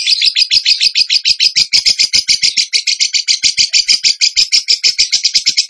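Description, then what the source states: Bird song: a continuous rapid trill of high, sharp, chattering notes with no pause. Bird song in the tembakan gacor style, used as masteran (training for other birds).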